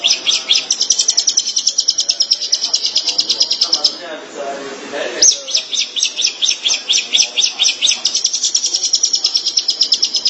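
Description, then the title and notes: Long-tailed Shrike song: rapid, high, buzzy chattering that pauses for about a second, where softer low sounds are heard, then continues in varied bursts. Called pentet in Indonesian; recording labelled 201703. "Suara burung pentet"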